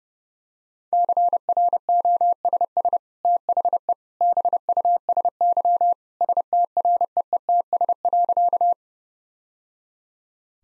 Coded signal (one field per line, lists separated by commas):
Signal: Morse code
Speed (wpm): 32 wpm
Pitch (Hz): 700 Hz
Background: none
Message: CROSS THE BUSY STREETS.